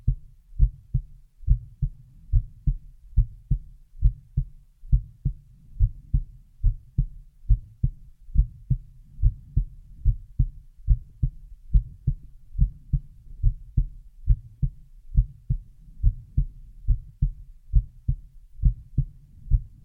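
Heartbeat sounds only from an adult heart: a steady, low-pitched heartbeat at about 70 beats per minute.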